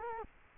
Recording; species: mosquito wingbeat signal from an infrared sensor; Culex quinquefasciatus